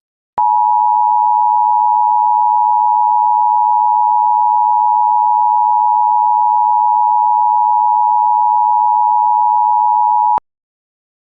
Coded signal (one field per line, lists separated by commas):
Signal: Emergency Alert System (SAME) tones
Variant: 853 and 960 Hz attention tone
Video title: EAS SCENARIO #3 - The Great NYC Tornado Outbreak